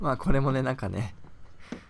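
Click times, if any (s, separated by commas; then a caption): none. A man talks while fitting a new AC microfilter (cabin air filter) with damaged plastic claws into its plastic filter housing in the engine bay of a 2008 BMW X5 E70 4.8i. A small handling knock is heard at about 1.7 s. The filter's clips have not clicked into the housing.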